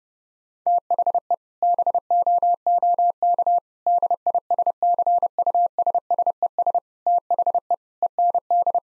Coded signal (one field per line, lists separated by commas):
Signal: Morse code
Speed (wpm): 30 wpm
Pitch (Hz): 700 Hz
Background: none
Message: THE BOOK DISCUSSES THE END